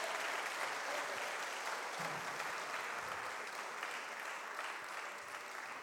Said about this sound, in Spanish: Denle un aplauso fuerte al Señor por ello, hermanos.